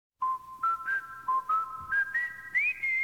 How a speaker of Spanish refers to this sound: que empieza con un silbidito que nunca me voy a olvidar.